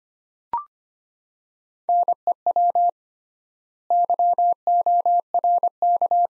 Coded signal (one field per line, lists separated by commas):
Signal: Morse code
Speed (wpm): 25 wpm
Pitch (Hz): 700 Hz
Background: none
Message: NEW YORK